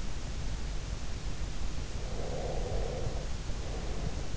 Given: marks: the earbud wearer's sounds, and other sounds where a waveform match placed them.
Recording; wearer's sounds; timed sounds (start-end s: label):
sounds in sleep by an in-ear microphone; breath
2.18-4.13 s: breath